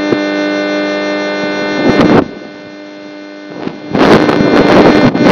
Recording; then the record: brain microelectrode recording played as sound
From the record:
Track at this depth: outside the subthalamic nucleus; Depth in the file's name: 0.001 mm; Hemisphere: left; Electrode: 3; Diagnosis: Parkinson's disease